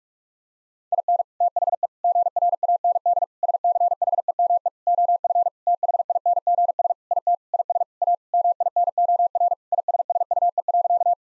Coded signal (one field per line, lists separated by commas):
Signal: Morse code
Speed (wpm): 46 wpm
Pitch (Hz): 700 Hz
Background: none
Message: IN THE GRAND SCHEME OF THINGS IT IS A MINOR ISSUE.